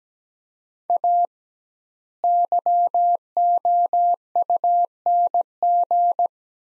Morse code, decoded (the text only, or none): A YOUNG